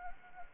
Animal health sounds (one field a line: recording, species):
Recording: mosquito wingbeat signal from an infrared sensor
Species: Anopheles gambiae